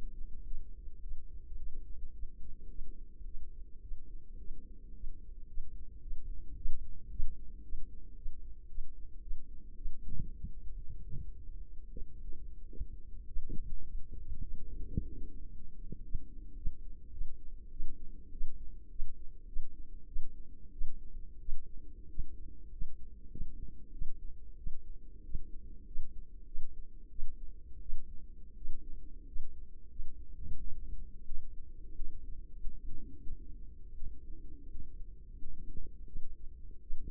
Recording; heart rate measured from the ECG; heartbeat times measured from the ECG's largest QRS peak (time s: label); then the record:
heart sounds by microphone in the left ear; 99 bpm
0.45 s: heartbeat
1.02 s: heartbeat
1.57 s: heartbeat
2.14 s: heartbeat
2.69 s: heartbeat
3.26 s: heartbeat
3.82 s: heartbeat
4.39 s: heartbeat
4.95 s: heartbeat
5.48 s: heartbeat
6.02 s: heartbeat
6.56 s: heartbeat
7.10 s: heartbeat
7.63 s: heartbeat
8.16 s: heartbeat
8.69 s: heartbeat
9.22 s: heartbeat
9.76 s: heartbeat
10.35 s: heartbeat
10.95 s: heartbeat
11.54 s: heartbeat
12.11 s: heartbeat
12.68 s: heartbeat
13.27 s: heartbeat
13.85 s: heartbeat
14.42 s: heartbeat
14.96 s: heartbeat
15.49 s: heartbeat
16.01 s: heartbeat
16.55 s: heartbeat
17.11 s: heartbeat
17.70 s: heartbeat
18.31 s: heartbeat
18.90 s: heartbeat
19.47 s: heartbeat
20.06 s: heartbeat
20.72 s: heartbeat
21.39 s: heartbeat
22.07 s: heartbeat
22.70 s: heartbeat
23.29 s: heartbeat
23.91 s: heartbeat
24.56 s: heartbeat
25.22 s: heartbeat
25.85 s: heartbeat
26.45 s: heartbeat
27.09 s: heartbeat
27.79 s: heartbeat
28.55 s: heartbeat
29.25 s: heartbeat
29.88 s: heartbeat
30.52 s: heartbeat
31.19 s: heartbeat
31.89 s: heartbeat
32.54 s: heartbeat
33.18 s: heartbeat
33.91 s: heartbeat
34.64 s: heartbeat
35.33 s: heartbeat
36.06 s: heartbeat
36.81 s: heartbeat
From the record:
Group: healthy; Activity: rest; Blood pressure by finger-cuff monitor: 145/71 mmHg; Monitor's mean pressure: 94 mmHg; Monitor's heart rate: 100 bpm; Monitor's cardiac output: 8.8 L/min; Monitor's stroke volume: 91 mL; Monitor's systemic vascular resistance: 770 dyn s/cm5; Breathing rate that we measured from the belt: 18 breaths a minute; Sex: female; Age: 24 years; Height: 163 cm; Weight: 55.7 kg